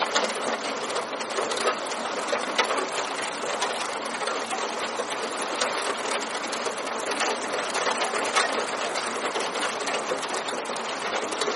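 Steady, dense rain falls, a hissing wash full of quick pattering drops that stays even and unbroken throughout.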